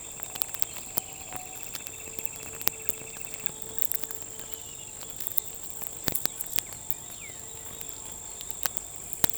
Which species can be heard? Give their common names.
none